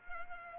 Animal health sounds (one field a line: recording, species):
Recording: mosquito wingbeat signal from an infrared sensor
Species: Culex pipiens